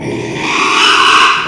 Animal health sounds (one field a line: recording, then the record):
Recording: squeal of a Yucatan mini pig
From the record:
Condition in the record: after surgery on the right vocal fold (resection and tissue-engineered implant)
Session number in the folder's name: 1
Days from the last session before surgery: 6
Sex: male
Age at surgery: 12 weeks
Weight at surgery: 13 kg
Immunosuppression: cyclosporine, prednisolone